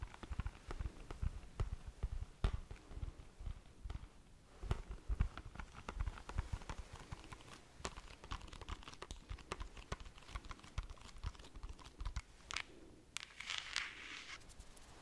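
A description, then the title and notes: Slow tapping, a loose run of light, sharp taps, some single and some in quick clusters, spread irregularly across the whole stretch. The taps sound like keys being struck. Near the end a brief brighter hiss or rustle rises over them. ASMR Slow Tapping. In dieser Folge tappe ich auf mehr als 10 unterschiedlichen Gegenständen.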